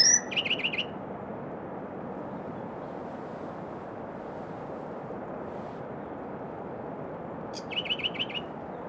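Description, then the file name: Firethroat song: brief bursts of high, sweet, buzzy notes near the start and again near the end, separated by a long stretch of steady hiss. "firethroat -Calliope-pectardens"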